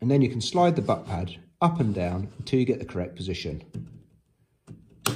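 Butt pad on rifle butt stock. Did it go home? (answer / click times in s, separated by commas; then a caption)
yes / 5.1 s. Someone talks while the adjustable butt pad on the butt stock of a Victrix Tormentum .375CT sniper rifle is slid up and down into position. After a quiet pause and a faint sound at 4.7 s, a sharp click at 5.1 s marks the butt pad locking into place.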